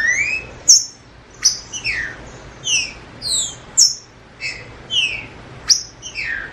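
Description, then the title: Green-winged Saltator song: short clear whistled notes, some rising and some falling, with occasional sharp snapping clicks, over a steady low hiss. Trinca-ferro called Nicão, in the bush, singing in dispute with a free-living bird. "Trinca Ferro NICÃ O No Mato Disputando Com Solto"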